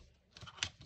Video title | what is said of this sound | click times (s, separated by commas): Adding a 3D printed engine to your RedCat LRH285 chassis. | let me zoom out here with the magnets it snaps right in | 0.6 s